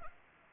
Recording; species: mosquito wingbeat signal from an infrared sensor; Anopheles arabiensis